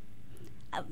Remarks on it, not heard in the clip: It's an involuntary contraction of a muscle or any group of muscles inside of your body. And when it happens to your diaphragm muscle, that's when it's known as the unpopular irritating feeling of having the hiccups. It's related to a cramp. It's just like a really quick cramp.